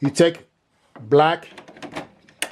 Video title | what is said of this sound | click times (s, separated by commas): How To Remove or Replace Ink Cartridges In HP Officejet 8015e Printer | push it down, you will hear a click sound, then followed by yellow. | 2.4 s